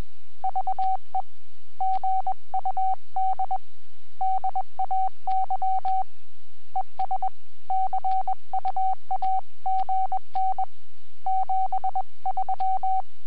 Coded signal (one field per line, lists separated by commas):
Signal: Morse code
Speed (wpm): 21 wpm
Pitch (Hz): 760 Hz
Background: none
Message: VE GUD DAY ES CU AGN 73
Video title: Webcam video from 20 January 2015 at 08:10 (UTC)..G0NXA,,30M CW QSO